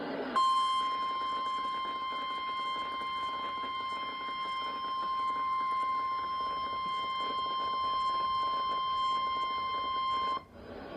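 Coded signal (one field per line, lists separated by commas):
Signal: Emergency Alert System (SAME) tones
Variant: 1050 Hz attention tone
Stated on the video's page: Real EAS alerts (Tornado Watches, Tornado Warning, Flood Warnings, Severe Thunderstorm Warnings) received on NOAA Weather Radio.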